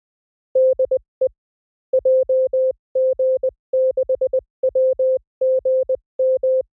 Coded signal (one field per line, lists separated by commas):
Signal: Morse code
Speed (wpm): 20 wpm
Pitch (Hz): 520 Hz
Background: none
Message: DE JG6WGM